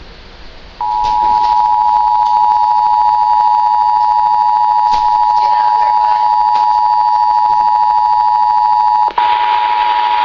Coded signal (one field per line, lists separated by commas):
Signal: Emergency Alert System (SAME) tones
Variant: 853 and 960 Hz attention tone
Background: speech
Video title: The most strange Required Monthly Test I have never captured before. Southeast Michigan EAS on WJR.